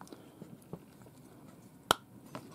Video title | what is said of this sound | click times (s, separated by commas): Как заменить батарейку в наручных часах?! | щелкнуло у нас все это | 1.9 s